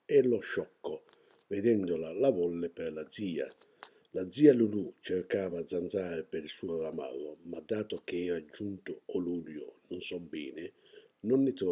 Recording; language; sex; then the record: read passage; Italian; male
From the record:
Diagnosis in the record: healthy control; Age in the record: 68 years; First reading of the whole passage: 59 s, 8.7 characters per second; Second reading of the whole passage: 51 s, 9.9 characters per second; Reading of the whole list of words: 42 s, 6.7 characters per second